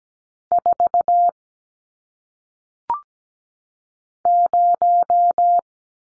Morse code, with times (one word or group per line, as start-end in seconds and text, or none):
0.5-1.3 4
4.3-5.6 0